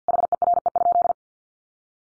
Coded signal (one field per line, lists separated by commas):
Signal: Morse code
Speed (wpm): 50 wpm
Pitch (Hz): 700 Hz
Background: none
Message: HERE?